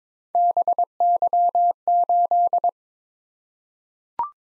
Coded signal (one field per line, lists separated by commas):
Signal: Morse code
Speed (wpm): 22 wpm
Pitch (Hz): 700 Hz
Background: none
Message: BY8